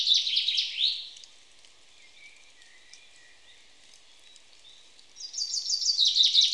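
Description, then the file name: Common chaffinch: a song phrase ends at the start, then after a quiet spell a fresh bright phrase of rapid repeated notes begins. "Fringilla coelebs"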